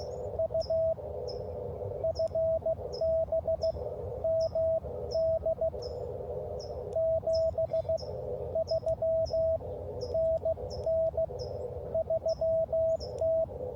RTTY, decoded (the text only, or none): none